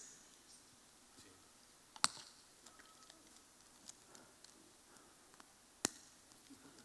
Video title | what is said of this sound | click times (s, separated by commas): Erik Thorstensson & Erik Bergelin (Strawbees) - Prototyping | hear that snapping sound? | 2.0 s, 5.8 s